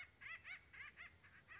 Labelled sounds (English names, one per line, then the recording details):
Acorn Woodpecker
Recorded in Sonoma County, California